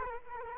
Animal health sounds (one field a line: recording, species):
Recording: mosquito wingbeat signal from an infrared sensor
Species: Culex quinquefasciatus